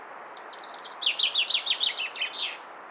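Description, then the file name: Common chaffinch song, a bright series of notes that drop in pitch and close with a short terminal flourish, about two seconds long. "Fringilla coelebs"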